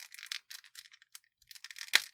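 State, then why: Seated. An angry-face plastic head is swapped onto an action figure, a Thanos S.H.Figuarts. After some tricky aligning, it is pushed onto the neck ball joint with a series of light rattling, scraping contacts. It clicks into place with a sharp snap at 1.9 seconds, and the head is seated.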